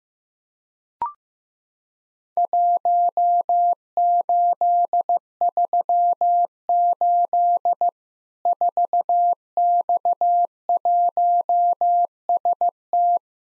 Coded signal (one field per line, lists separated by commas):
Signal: Morse code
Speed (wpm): 15 wpm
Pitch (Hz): 700 Hz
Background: none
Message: 1838 4X1ST